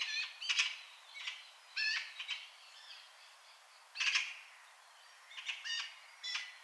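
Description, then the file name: Eurasian magpie giving harsh, grating rattles in short clusters separated by pauses of up to about two seconds, against a faint background hiss. "Pica pica"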